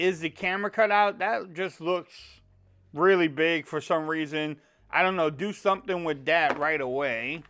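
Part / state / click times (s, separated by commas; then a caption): smartphone into protective case / not seated / none. A Samsung Galaxy S24 Ultra smartphone is handled with a Speck Presidio 2 soft-touch plastic/rubber protective case while a man talks throughout. Nothing has seated or snapped into the case yet.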